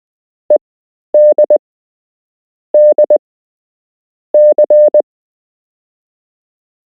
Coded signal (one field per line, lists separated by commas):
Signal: Morse code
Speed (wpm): 20 wpm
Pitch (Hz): 600 Hz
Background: none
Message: EDDC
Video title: You can learn Morse code - Part 1